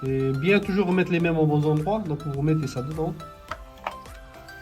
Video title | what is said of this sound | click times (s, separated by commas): Comment changer les bougies de la Citroën C1 .?? | Ça se clipse tout simplement. Voilà. | 3.9 s